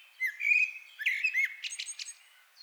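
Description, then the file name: Common blackbird song: a smooth low whistled phrase rising into a varied warble and finishing with sharp high chirps. "Turdus merula"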